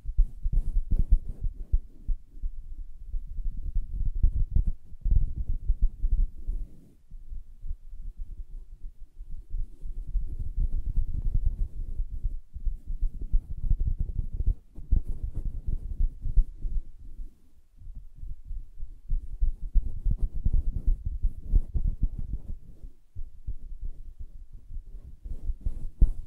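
Fingers tap and scratch on a soft fabric surface in a dense, muffled, low-pitched patter that keeps going almost without pause. The activity swells and eases in waves, with quieter dips around 7, 15 and 23 seconds, and a few sharper taps stand out.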